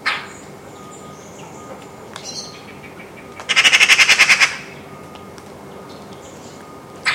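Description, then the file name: Eurasian magpie: a harsh squawk, then a fast rattling chatter of many grating notes, and another rasping note at the end. "Pica pica"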